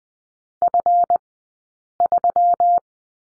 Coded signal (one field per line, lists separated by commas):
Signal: Morse code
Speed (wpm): 20 wpm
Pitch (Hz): 700 Hz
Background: none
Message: F3